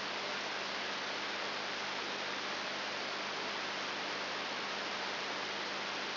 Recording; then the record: brain microelectrode recording played as sound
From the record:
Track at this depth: inside the subthalamic nucleus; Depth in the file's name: 3.901 mm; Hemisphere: left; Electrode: 3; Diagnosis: Parkinson's disease